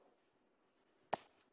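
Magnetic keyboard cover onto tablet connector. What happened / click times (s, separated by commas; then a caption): The cover snapped firmly onto its connector / 1.1 s. A magnetic keyboard cover is attached to a Microsoft Surface tablet's connector a second time, and after a quiet stretch a single loud, sharp click sounds at 1.1 seconds. The cover seats firmly on the tablet.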